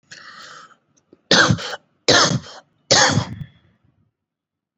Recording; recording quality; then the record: shallow voluntary cough; excellent, no background noise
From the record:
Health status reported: COVID-19 positive, moderate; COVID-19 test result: positive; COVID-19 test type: RT-PCR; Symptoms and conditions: cough, cold, sore throat, fatigue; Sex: male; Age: 26 years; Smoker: no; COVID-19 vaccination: both doses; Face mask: not worn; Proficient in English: yes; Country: India